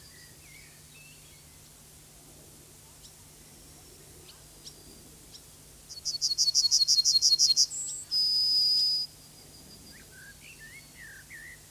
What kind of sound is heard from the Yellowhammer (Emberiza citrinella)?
song